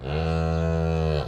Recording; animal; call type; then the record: contact call of a hoofed animal; cattle; low-frequency (closed-mouth) or high-frequency (open-mouth) call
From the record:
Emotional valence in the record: negative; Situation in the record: full separation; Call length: 1.28 s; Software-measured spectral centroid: 1450 Hz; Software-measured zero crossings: 1030 a second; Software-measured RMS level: -24 dBFS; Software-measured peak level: -13 dBFS